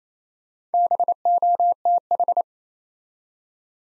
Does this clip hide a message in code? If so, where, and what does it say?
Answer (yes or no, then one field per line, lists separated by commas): yes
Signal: Morse code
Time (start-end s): 0.7-2.4 s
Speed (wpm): 27 wpm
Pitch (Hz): 700 Hz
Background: none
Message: BOTH